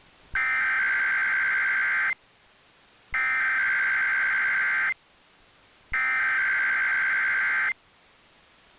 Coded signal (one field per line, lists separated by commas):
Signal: Emergency Alert System (SAME) tones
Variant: header bursts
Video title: EAS- San Francisco Bay Area RMT on KCBS, and KGO AM!